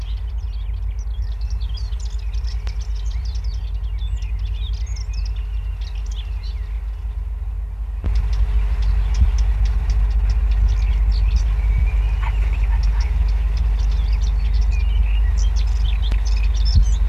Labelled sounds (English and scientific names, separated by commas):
Dartford Warbler (Sylvia undata) song